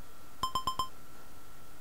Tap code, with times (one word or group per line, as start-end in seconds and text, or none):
none